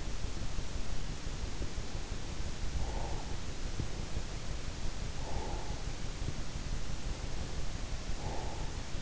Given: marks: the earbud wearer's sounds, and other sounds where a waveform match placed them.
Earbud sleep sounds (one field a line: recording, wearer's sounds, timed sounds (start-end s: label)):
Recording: sounds in sleep by an in-ear microphone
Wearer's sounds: breath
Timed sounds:
2.26-3.56 s: breath
4.99-6.03 s: breath
7.85-9.02 s: breath